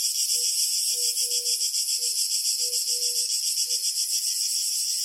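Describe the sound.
Crickets chirping in a continuous high, rapidly pulsing trill, with a few short low tones sounding underneath.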